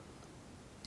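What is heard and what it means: A spare plastic quick-release buckle is slid into a typical GoPro-style action-camera mount base over a steady low background hiss. A short sharp tick at 0.9 s marks the buckle locking into place, seated.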